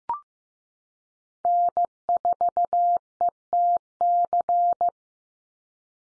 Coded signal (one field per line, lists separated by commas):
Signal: Morse code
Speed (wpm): 15 wpm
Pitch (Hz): 700 Hz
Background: none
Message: N4ETC